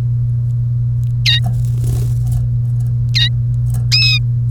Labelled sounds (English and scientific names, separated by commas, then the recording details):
Domestic Canary (Serinus canaria) song
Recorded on 1 May 2018 at 11:46
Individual llb3